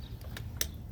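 A vintage Craftsman 1/2-inch drive micrometer click-type torque wrench, made in June 1972 with serial number 9-44443 and set to 20 ft-lb, is pulled until its mechanism breaks over. Two faint ticks at about 0.2 and 0.4 seconds come before a single sharp click at 0.6 seconds, over a low steady background hum. The click confirms the wrench reached its 20 ft-lb set torque.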